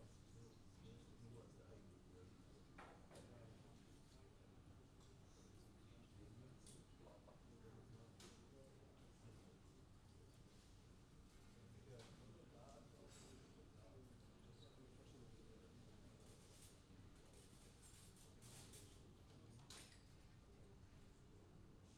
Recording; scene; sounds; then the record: everyday scene through a hearing-aid microphone; many people talking; many voices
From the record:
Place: university cafeteria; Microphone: in the ear canal, left